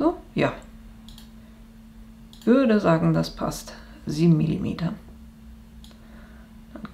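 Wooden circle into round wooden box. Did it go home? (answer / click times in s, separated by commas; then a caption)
yes / 6.9 s. A laser-cut round wooden circle is pressed into the centre of a round wooden box part while someone talks, with a few faint clicks along the way. A short sharp snap at 6.9 s marks the circle seating in place.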